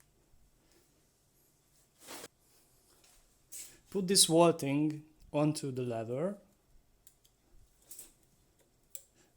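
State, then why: Seated. A DIY reach adjusting knob, with its spring put back on the adjusting screw, is pushed onto a hydraulic bicycle brake lever (SRAM X0, Elixir CR Mag type) while someone talks. Soft handling clicks and rustles follow, ending in a sharp click at 9.0 s as the knob seats and attaches to the lever.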